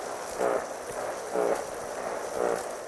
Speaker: quiet, low grunts in the background come from an oyster toadfish.